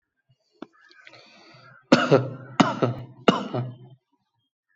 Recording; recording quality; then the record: shallow voluntary cough; excellent, no background noise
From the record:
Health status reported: respiratory illness, not identified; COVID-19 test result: negative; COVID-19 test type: RT-PCR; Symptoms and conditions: cold, asthma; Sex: male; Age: 23 years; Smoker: no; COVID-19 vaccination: one dose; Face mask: not worn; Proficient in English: yes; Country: India